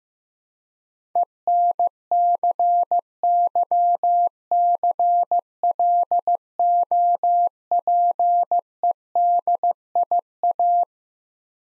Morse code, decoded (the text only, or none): ENCYCLOPEDIA